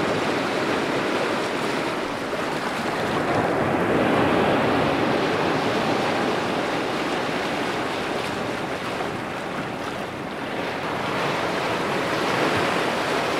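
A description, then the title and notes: Ocean waves wash onto a beach in a dense, continuous roar that swells gently, peaking around four seconds and again near the end. The hiss is full, with a soft breath of wind running underneath throughout. Beach Ambiance & Waves Sounds On A Summer Day. Waves Crashing. Sounds of ocean waves.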